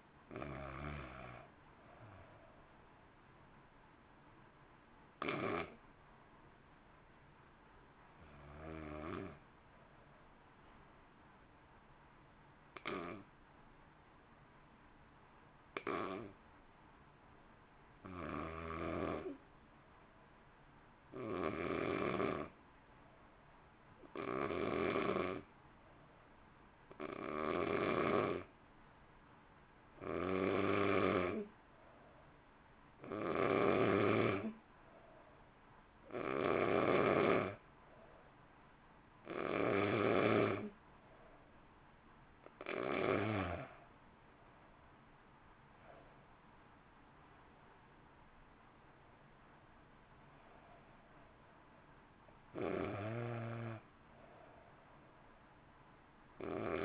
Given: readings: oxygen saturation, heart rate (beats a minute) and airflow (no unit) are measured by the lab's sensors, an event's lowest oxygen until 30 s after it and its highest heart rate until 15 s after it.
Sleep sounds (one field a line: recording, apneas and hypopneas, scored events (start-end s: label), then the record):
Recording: breathing in sleep by a voice recorder at the bedside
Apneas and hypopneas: 1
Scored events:
11.00-33.70 s: hypopnea (N2, oxygen 95% highest, then 88% lowest, heart rate 50 at the start, 57 highest)
38.00-56.84 s: new sleep stage, N1 (lightest sleep)
From the record:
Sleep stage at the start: N2 (light sleep)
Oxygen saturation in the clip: 85 to 95%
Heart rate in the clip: 49 to 65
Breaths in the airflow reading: 17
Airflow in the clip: -1.1 to 1.7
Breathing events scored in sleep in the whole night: 328 in 6.3 hours asleep